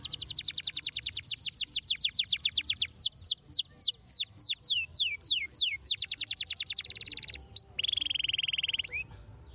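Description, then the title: Belgian canary pouring out a long series of repeated slurred whistles, shifting into a faster rattle and ending with a steady sustained note. Canary song played to make young canaries active and singing. "Canto Para Esquentar Canário Belga. RANGSANGAN SUARA BURUNG KENARI GACOR - BIKIN KENARI MUDA JADI AKTIF BUNYI DAN BERKICAU"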